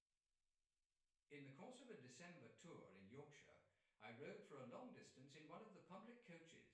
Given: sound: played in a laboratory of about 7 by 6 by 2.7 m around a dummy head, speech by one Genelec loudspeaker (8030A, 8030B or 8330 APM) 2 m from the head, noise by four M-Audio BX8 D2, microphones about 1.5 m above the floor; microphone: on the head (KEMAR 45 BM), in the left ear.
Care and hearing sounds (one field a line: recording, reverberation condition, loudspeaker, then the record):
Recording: male speech in English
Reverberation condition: medium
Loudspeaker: 90 degrees to the right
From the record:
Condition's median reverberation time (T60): about 510 ms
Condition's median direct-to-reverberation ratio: about -0.5 dB